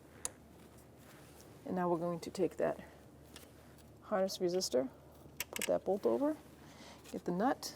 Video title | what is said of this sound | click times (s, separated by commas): How to Replace Ignition Coil Boots 1999-2004 Jeep Grand Cherokee | take your ignition coil wire line it up and click it till you hear the click | 0.2 s